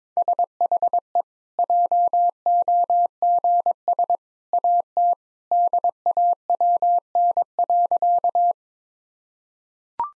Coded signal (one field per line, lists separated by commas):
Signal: Morse code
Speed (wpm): 22 wpm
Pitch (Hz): 700 Hz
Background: none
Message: SHE JOGS AT DAWN.